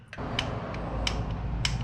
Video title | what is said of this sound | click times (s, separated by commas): Will it run?!? First start attempt. 1977 Datsun 620. | 3 clicks there. | 0.4 s, 1.1 s, 1.6 s